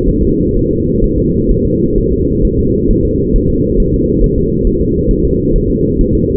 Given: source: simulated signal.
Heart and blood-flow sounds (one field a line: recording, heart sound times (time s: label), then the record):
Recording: fetal heart sounds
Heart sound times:
0.08 s: S1
0.23 s: S2
0.57 s: S1
0.71 s: S2
1.04 s: S1
1.18 s: S2
1.51 s: S1
1.65 s: S2
1.98 s: S1
2.12 s: S2
2.45 s: S1
2.59 s: S2
2.91 s: S1
3.05 s: S2
3.36 s: S1
3.50 s: S2
3.80 s: S1
3.94 s: S2
4.24 s: S1
4.38 s: S2
4.67 s: S1
4.81 s: S2
5.11 s: S1
5.25 s: S2
5.56 s: S1
5.70 s: S2
6.01 s: S1
6.15 s: S2
From the record:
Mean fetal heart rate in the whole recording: 130 bpm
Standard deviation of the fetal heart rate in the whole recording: 4 bpm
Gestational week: 38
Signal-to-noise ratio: -10.2 dB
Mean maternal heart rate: 72 bpm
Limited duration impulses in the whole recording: present